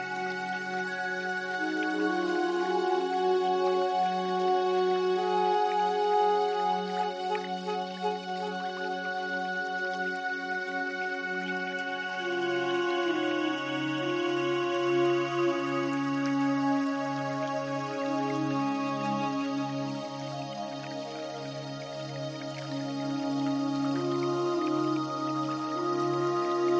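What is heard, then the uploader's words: Gentle, relaxing music of soft sustained tones that glide slowly from one chord to the next, with a low bass note deepening the sound from about twelve seconds on. The level stays calm and even throughout, with no sharp events. Gentle water sounds wirh relaxing music.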